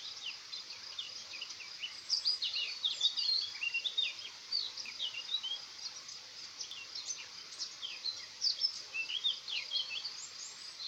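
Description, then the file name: Eurasian blackcap giving quick scratchy twitters and chirps in bursts across the stretch, with a continuous high hiss behind. "Sylvia atricapilla"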